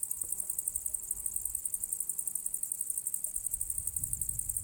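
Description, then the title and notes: Insect singing in a high, steady pulsing band, rapid beats throughout, with faint low rumble beneath. Recorded on the southern slope of the path to the Cosilinium archaeological area; Zoom H6 recorder with MS capsule. "Sulla strada verso l'area archeologica Cosilinium - Grilli e cicale a Cosilinium. Registrazione sul versante sud del sentiero verso l'area archeologica di Cosilinium"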